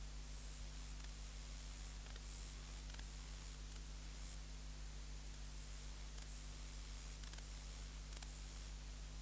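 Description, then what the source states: Conocephalus semivittatus song, a very high, thin continuous buzz broken by brief pauses, over a steady low electrical hum. Subspecies Conocephalus semivittatus semivittatus.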